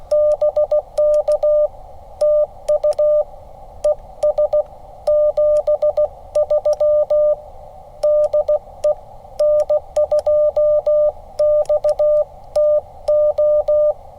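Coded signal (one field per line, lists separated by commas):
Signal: Morse code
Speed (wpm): 16 wpm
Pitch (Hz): 600 Hz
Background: none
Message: BK TU ES 73 DE N2XTO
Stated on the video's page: CW on a Parks on the Air activation at a state park in New Jersey.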